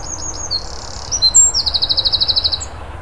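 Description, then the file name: Eurasian wren song, high and energetic, with quick chirps, a brief buzzy passage, then a rapid, regular trill of about a dozen sharp notes over a soft low hum. "Troglodytes troglodytes"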